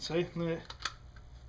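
An ATI stock is handled onto the receiver of a Ruger 10/22 rifle, where its grooved ridges are meant to engage the receiver slots, while someone talks. Brief sharp handling taps follow the speech, with a faint tick near 1.2 s. Nothing has seated or clicked into place yet.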